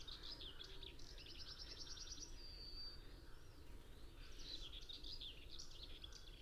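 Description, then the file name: Common chaffinch song: a fast high trill followed by a short whistle, then more tumbling phrases, over a low rumble. "Fringilla coelebs"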